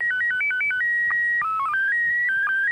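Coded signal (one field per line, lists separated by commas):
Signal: SSTV (slow-scan television)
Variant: PD 180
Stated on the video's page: SSTV image from the International Space Station during an event marking the Apollo-Soyuz docking anniversary.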